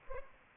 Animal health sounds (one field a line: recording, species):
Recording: mosquito wingbeat signal from an infrared sensor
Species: Anopheles arabiensis